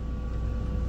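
Embroidery thread is being slid through the slit beside the silver tension discs of an SWF 12-needle multi-needle embroidery machine. A steady low hum with a faint tone near 500 Hz and 1.2 kHz runs through the clip, with no sharp transients. Nothing has clicked or seated yet.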